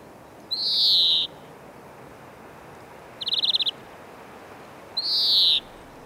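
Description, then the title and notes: European greenfinch song: two long, wheezy, nasal buzzes that slide slightly downward, separated by a short, rapid rattling trill, over a quiet, steady background hiss. "Viherpeippo. Asko Hauta-aho"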